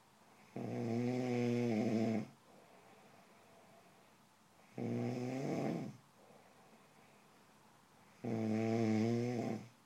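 An adult snoring: three loud, buzzing, tonal snores rich in harmonics, each lasting one to two seconds, separated by quiet breathing pauses of a few seconds.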